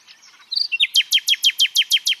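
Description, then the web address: Common nightingale song: a soft chattering start, then about eight loud, sharp, descending notes repeated at a steady, fast pace. "pub SETE data Luscinia megarhynchos"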